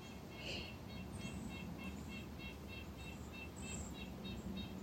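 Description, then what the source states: Nuthatch song: a steady series of many repeated notes over constant low rumbling background noise. Singing outdoors at the time of recording.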